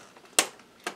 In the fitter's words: and this will click into here like that